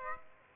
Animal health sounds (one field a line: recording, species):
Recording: mosquito wingbeat signal from an infrared sensor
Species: Aedes aegypti